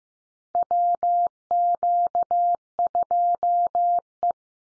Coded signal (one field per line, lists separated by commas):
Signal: Morse code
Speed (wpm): 15 wpm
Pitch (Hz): 700 Hz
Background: none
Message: WQ2E